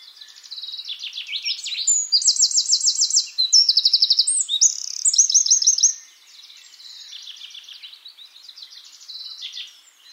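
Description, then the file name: Eurasian wren song, a torrent of high, rapid trills and rattling notes, loud for about six seconds, then a fainter twittering continuation. "Troglodytes troglodytes"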